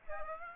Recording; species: mosquito wingbeat signal from an infrared sensor; Aedes aegypti